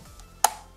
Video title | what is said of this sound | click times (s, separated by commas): Agaro Alpha High Pressure Washer - Best High Pressure Car Washer | बिल्कुल same आवाज आई, एक click की आवाज आएगी और आपको खुद पता चल जाएगा हाँ ये फिट हो चुका है, अब ये निकल नहीं सकता यहाँ पे। | 0.4 s